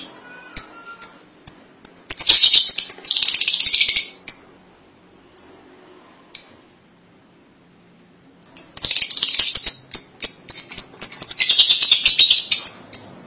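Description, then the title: Lovebird chatter: high chirps building into long harsh, buzzy twittering bursts, a quiet pause, then another extended noisy chattering spell. "Suara Burung Lovebird"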